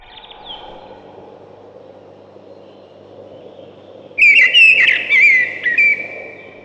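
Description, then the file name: Ring ouzel: after several seconds of near quiet with a faint brief note, one loud fluty whistled phrase of several notes rings out. "дрозд белозобый"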